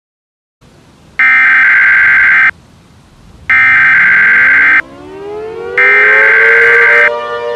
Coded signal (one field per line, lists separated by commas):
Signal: Emergency Alert System (SAME) tones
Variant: header bursts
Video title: EAS Scenario #2: Unholy Deliveries (Easter Special)